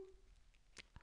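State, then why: Seated. A part of an F&P Solo CPAP mask, which has a plastic frame and headgear or cushion with no clips or velcro, is pushed by hand into the mask frame. A sharp click at 0.8 s marks it locking into place, followed by a fainter tap at 1.0 s. The part is seated.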